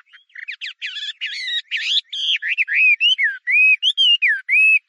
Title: 画眉鸟的叫声